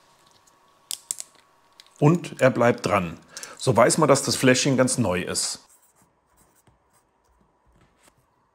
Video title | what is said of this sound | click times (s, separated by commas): Der Fenster-Trick - Das Selbstversorger-Essen - eigene Medizin herstellen | gesprungen und wenn ich jetzt aufschraube dann hört man deutlich wie der Sicherheitsring knackt und er bleibt dran so weiß | 1.1 s